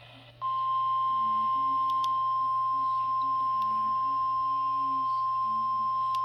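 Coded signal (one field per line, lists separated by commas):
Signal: Emergency Alert System (SAME) tones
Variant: 1050 Hz attention tone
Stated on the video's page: Flash flood warning for Riverside and San Bernardino counties, received via NOAA weather radio WXM66 and FM radio.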